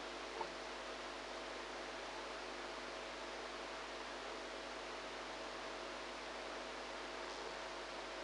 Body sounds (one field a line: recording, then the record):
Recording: brain microelectrode recording played as sound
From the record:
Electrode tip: outside the subthalamic nucleus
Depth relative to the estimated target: 1 mm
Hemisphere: right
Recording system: NeuroSet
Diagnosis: Parkinson's disease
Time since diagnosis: 8 years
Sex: female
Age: 45 years